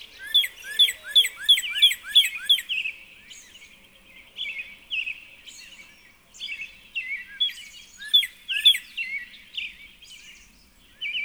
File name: Northern Cardinal